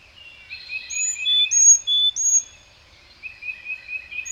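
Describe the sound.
Bird song of clear high whistled notes and quick chirps, a brief silence, then a rapid twittering series of short notes.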